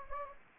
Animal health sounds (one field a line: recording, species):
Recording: mosquito wingbeat signal from an infrared sensor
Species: Anopheles gambiae